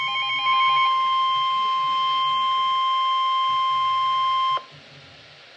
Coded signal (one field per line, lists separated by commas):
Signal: Emergency Alert System (SAME) tones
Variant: 1050 Hz attention tone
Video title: Special Marine Warning (EAS#47)